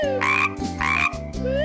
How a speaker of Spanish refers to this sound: Niños, ¿saben qué animal hace croac? ¡Es la rana! ¡Pasa, rana!